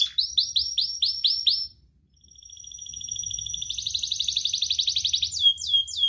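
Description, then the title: Atlantic canary song: a run of about eight downslurred whistled notes, a brief gap, then a thin trill swelling into a rich rapid roll. Actively singing (gacor) canary with rich song phrasing (cengkok) and fill-in phrases (isian), from the Indonesian songbird hobby (kicaumania). "Kenari Gacor Cengkok Isian Kenarigacor Kicaumania Kenari"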